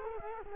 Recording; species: mosquito wingbeat signal from an infrared sensor; Culex quinquefasciatus